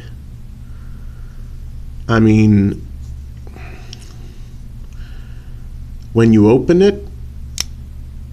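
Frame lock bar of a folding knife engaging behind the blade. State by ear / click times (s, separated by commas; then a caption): seated / 7.6 s. Someone talks briefly over a low background hum while the stainless steel blade of a Gerber Paraframe II frame-lock folding knife is opened. At 7.6 s a sharp, loud click rings out as the frame lock bar snaps into place behind the blade, confirming the lock has seated with an audible click.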